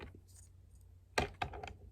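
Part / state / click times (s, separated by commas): plastic tab into a slot on the figure / seated / 1.2 s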